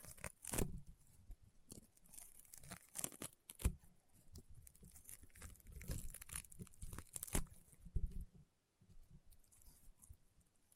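Crunchy, popping slime being squeezed and pressed, with irregular sharp crackles and pops scattered throughout. Louder bursts land near 0.5, 3.5, 6 and 7.5 seconds over a soft squishing bed. The sound drops out briefly just after 8 seconds, then quieter crackling resumes.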